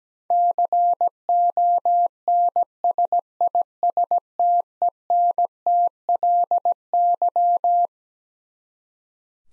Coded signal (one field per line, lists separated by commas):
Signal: Morse code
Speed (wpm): 17 wpm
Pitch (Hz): 700 Hz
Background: none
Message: CONSISTENTLY